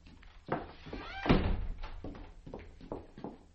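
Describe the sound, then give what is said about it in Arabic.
A door swings shut with a heavy thunk, followed by a few lighter knocks and rattles as it settles into the frame. “طب وطي صوتك وطي صوتك، استنى لما اقفل الباب.”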